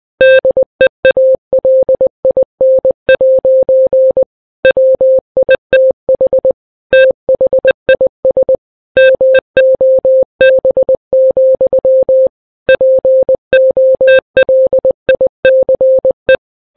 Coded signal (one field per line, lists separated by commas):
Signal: Morse code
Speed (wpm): 20 wpm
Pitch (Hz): 520 Hz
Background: none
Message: DEALIN' WITH THIS MOB, POLICE